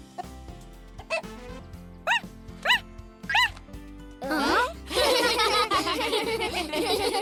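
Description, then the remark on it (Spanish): A parrot barks like a dog in a series of short, high, yappy calls with rising-falling pitch, then breaks into a burst of busy, squawky chatter over quiet background music. “¡Es una lorita perro!”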